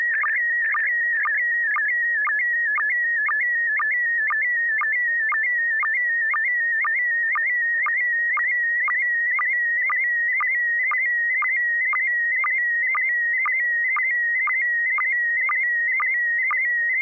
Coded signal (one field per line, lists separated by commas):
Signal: SSTV (slow-scan television)